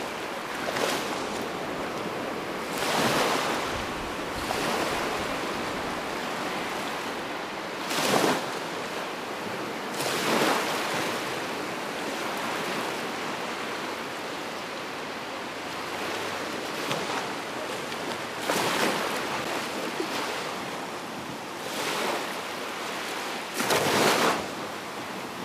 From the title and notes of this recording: The ocean on a sunny autumn day/秋晴れの日の、海. 10月になり少し肌寒くなったが、サーファーはお構いなしに海の上で波を待っている。